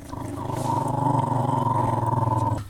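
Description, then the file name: Dog growling in one long, deep, rumbling, continuous growl with a steady pulsing texture, lasting over two seconds before stopping abruptly. Growl from a study of dogs' expectation of a signaller's body size from its growls. "Dogs' Expectation about Signalers' Body Size by Virtue of Their Growls"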